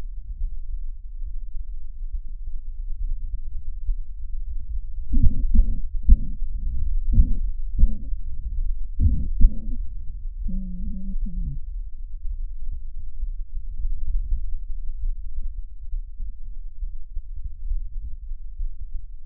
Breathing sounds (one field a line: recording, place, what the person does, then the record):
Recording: lung sounds by stethoscope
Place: left anterior apical chest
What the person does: quiet breathing, then cough and speech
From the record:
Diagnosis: asthma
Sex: female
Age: 77 years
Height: 160 cm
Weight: 68.7 kg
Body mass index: 26.6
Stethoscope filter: bell mode